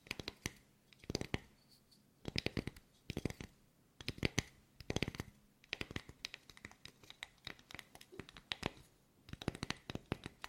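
ASMR tapping: sharp, crisp taps come in quick clusters, bursts of several rapid strikes separated by short pauses, roughly every second or so. The taps are bright and clicky, with some scratchy, rustling texture between them and a faint low hum underneath.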